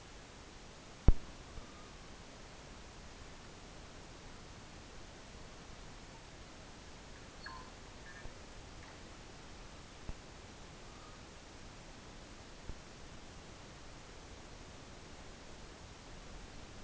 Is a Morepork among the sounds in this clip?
no